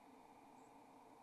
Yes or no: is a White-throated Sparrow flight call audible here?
no